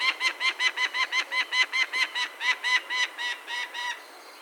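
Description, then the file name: Peregrine falcon giving a rapid series of harsh, nasal cackling notes, weakening toward the end. Recorded 6 May 2013 at 13:10. "Peregrine-Falcon 20130506 131009"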